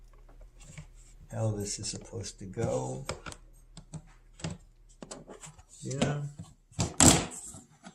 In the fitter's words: that one just locked into place I don't know why this front one is